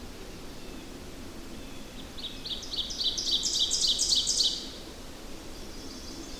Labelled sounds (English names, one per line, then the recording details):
Ovenbird song
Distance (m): 20 m
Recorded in boreal forest in Alberta, Canada, on 8 June 2016 at 06:09
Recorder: SongMeter 3, array SBT-3-9
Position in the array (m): 50 m, 107 m
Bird 33